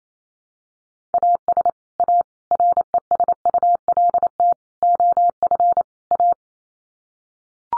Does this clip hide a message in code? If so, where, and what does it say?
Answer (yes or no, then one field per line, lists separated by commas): yes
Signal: Morse code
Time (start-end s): 1.1-6.3 s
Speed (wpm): 28 wpm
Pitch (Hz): 700 Hz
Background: none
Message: AS A RESULT OF A